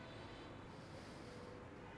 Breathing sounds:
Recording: one breath in and out by a microphone near the nose and mouth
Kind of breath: normal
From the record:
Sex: male

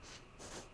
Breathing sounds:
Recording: one breath in and out by a microphone near the nose and mouth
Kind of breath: strong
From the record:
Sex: female

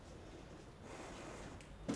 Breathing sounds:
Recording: one breath in and out by a microphone near the nose and mouth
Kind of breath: normal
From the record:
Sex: female

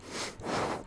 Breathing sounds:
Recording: one breath in and out by a microphone near the nose and mouth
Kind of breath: strong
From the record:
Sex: male

